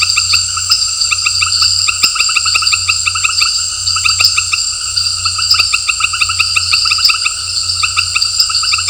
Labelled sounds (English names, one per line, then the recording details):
none
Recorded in dense forest near Puerto Asís, Putumayo, Colombia, on 8 March 2025 at 18:30
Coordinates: 0.468, -76.322
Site GP01